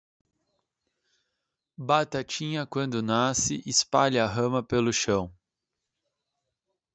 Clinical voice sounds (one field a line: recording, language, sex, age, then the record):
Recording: short text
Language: Brazilian Portuguese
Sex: male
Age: 30 to 39 years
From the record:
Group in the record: control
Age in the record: 31 years